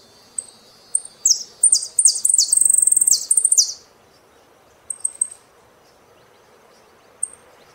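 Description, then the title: Saffron finch song: a couple of chips, a burst of buzzy descending phrases and a rapid trill, then a few scattered high chips. "Jilguero Argentino"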